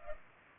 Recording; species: mosquito wingbeat signal from an infrared sensor; Culex pipiens